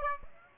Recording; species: mosquito wingbeat signal from an infrared sensor; Aedes aegypti